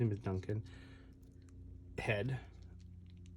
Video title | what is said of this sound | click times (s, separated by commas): MOTU Origins: unboxing and review of: Beast man, Teela, and Eternian Palace Guard! WEEK 3!! | mounted arms oh it didn't snap but i think i remember it not snapping | none